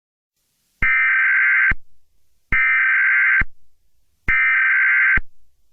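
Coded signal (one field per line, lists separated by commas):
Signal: Emergency Alert System (SAME) tones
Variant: header bursts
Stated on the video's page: Fictional EAS scenario.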